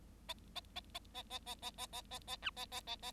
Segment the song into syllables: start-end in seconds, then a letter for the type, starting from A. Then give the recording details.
0.28-0.34 A, 0.55-0.60 A, 0.75-0.80 A, 0.94-0.99 A, 1.14-1.23 A, 1.30-1.39 A, 1.46-1.55 A, 1.62-1.70 A, 1.77-1.86 A, 1.92-2.01 A, 2.10-2.19 A, 2.27-2.37 A, 2.42-2.50 B, 2.56-2.65 A, 2.71-2.80 A, 2.87-2.96 A, 3.02-3.11 A. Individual Bird7